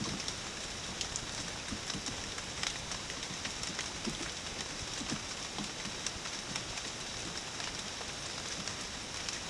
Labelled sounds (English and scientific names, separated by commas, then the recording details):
none
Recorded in dense forest near Puerto Asís, Putumayo, Colombia, on 12 March 2025 at 08:30
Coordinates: 0.486, -76.317
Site G053